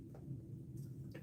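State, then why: Not seated. A plastic safety eye backing washer is pressed onto the safety eye post through the crochet fabric of a crocheted toy, over a steady low rumble with two brief soft bursts around 0.2 s and 1.1 s. Nothing has seated or clicked yet: the backing still won't lock, so the attempt is given up in favor of flatback eyes instead.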